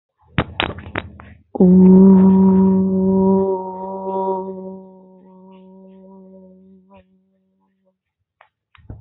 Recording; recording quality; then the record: sustained vowel as in boot; excellent, no background noise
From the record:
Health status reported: healthy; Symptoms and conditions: none ticked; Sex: female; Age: 29 years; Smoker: not ticked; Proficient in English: yes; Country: India